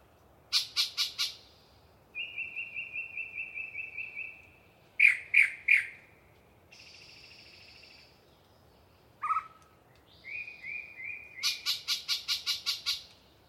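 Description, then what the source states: Yellow-breasted chat with a harsh chatter, a long run of pulsed notes, three loud sharp calls, a buzz, a low note and a closing rapid chatter. Long pre-dawn song from a particularly chatty bird in deciduous cover.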